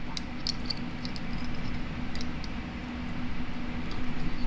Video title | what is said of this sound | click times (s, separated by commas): What a Doozy! Broken Matco MT2134Q 3/4" Air Impact | The retainer clip that snaps in place there, and when you insert this in the handle, all you have to do | 0.5 s, 0.7 s